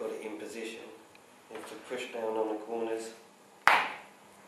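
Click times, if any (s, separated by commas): 3.7 s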